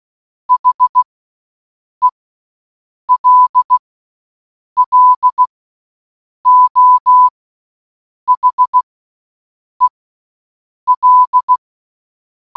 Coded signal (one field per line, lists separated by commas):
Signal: Morse code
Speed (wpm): 16 wpm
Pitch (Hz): 1000 Hz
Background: none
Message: HELLO HEL